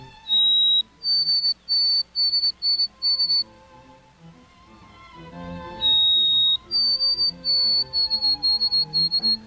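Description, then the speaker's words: White-throated Sparrow song: a pure whistled note, then a higher note repeated several times. The phrase is given twice. Song remembered in the lower 48 states as 'Old Sam Peabody' and north of the border as 'Oh Sweet Canada'; the species breeds mostly across Canada. "It's the white-throated sparrow, a bird whose song is unmistakable."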